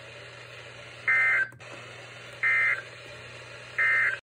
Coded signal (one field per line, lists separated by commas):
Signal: Emergency Alert System (SAME) tones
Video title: EAS #24 (SVR)